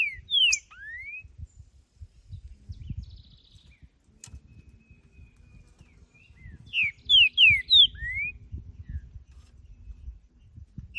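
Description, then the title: Green-winged saltator whistling short song phrases of clear downslurred notes and a rising slur, heard twice with a long gap of low background rumble between. Wild bird singing in nature, recorded to stimulate captive birds; song described as calling, singing and male territorial display in competition. "Trinca Ferro Cantando na Natureza! Ideal para ESQUENTAR seu TRINCA!!"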